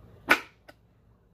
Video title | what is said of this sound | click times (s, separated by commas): #Fluval #Filtration #fishfam Unboxing a giveaway from KG Tropicals Psst is from Fluval | you're locked into place you | 0.3 s